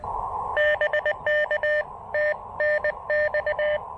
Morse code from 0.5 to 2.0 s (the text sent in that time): BK